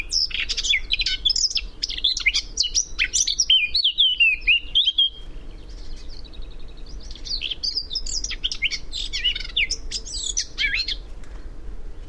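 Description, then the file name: Eurasian blackcap song, rapid scratchy warbling followed by clear fluting whistles that slide downward, then another burst of varied chattering notes, over a faint low rumble. "Sylvia atricapilla"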